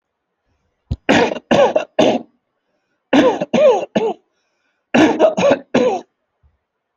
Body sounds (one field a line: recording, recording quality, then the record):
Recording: heavy voluntary cough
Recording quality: excellent, no background noise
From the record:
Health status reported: healthy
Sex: male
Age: 30 years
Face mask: not worn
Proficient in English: yes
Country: India